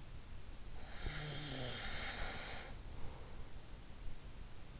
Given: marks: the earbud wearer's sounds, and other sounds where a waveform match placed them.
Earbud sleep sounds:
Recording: sounds in sleep by an in-ear microphone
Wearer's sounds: snoring breath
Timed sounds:
0.87-3.19 s: snoring breath

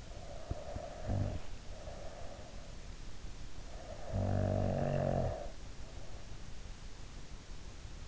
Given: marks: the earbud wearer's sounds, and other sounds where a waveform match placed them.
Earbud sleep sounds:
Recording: sounds in sleep by an in-ear microphone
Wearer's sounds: breath, snoring breath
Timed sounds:
0.00-2.56 s: breath
3.69-6.03 s: snoring breath

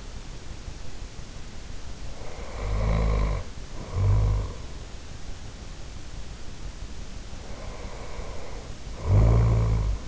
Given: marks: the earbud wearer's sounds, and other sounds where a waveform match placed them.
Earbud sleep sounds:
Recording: sounds in sleep by an in-ear microphone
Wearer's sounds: snoring breath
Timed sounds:
1.99-4.69 s: snoring breath
6.95-10.08 s: snoring breath

